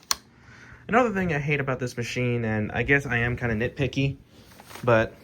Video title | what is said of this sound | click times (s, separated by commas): Shark Rotator DuoClean Powered Lift Away: The Worst Vacuum I Have Ever Used! | then yeah, like I mentioned, this clicks back into place. Another | 0.1 s